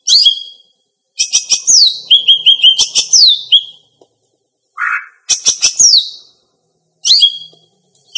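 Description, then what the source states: Greater green leafbird song: bursts of sharp high chirps and down-slurred whistles in short phrases separated by brief pauses, with one lower note midway. Female.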